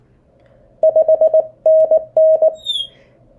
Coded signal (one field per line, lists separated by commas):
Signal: Morse code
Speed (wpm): 19 wpm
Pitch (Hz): 630 Hz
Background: none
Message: 5NN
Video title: POTA hunting